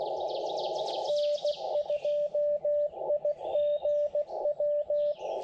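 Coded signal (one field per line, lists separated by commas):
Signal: Morse code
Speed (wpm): 20 wpm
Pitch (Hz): 580 Hz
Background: music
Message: N2IGW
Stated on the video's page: CW POTA activation from a rare park on 40m and 80m with a Xiegu G90, keyed with a BaMaTech TP-III paddle.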